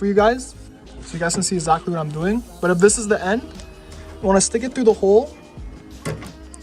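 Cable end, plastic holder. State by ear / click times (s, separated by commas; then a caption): seated / 6.5 s. A door release cable end is pushed through the hole in the plastic door handle carrier of a BMW E46 while someone talks, with a couple of faint knocks around 6.1 and 6.2 seconds. The cable end pops into the carrier with a sharp click at 6.5 seconds, seating it in place.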